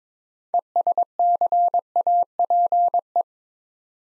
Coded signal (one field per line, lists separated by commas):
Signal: Morse code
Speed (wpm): 22 wpm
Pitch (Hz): 700 Hz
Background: none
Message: ESCAPE